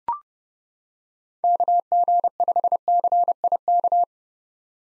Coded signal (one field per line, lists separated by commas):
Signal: Morse code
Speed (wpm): 31 wpm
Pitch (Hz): 700 Hz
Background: none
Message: KG5CIK